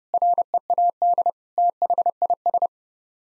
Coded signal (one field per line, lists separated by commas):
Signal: Morse code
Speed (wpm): 30 wpm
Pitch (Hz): 700 Hz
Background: none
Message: READ THIS